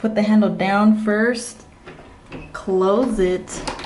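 Someone talks while handling a front door whose multipoint lock has a hook and latch that engage in the door frame only when the handle is put down, the door closed, and the handle pulled up; without that, the door swings back open by itself. The door lock is handled but not yet home: nothing has seated or clicked yet.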